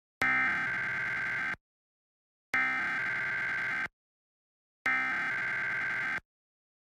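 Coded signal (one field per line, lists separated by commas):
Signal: Emergency Alert System (SAME) tones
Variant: header bursts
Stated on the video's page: Mock recreation of a New York City Required Monthly Test using valid EAS tones; the test message is believed to come from WNYS-6.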